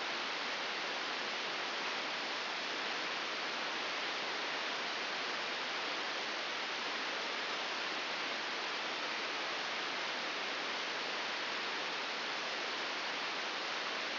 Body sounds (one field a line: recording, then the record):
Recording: brain microelectrode recording played as sound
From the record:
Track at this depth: inside the subthalamic nucleus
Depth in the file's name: 4.208 mm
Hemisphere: right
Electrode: 3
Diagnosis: Parkinson's disease